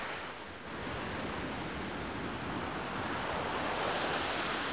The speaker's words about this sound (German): Statt der knarzenden Matratzenfedern würde ihm sein persönlicher Tontechniker, den Herr Vogel insgeheim liebevoll schon Herrn Klangmann nannte, verständnisvoll das lullende Rauschen einer leisen Meereswoge ins Bett legen.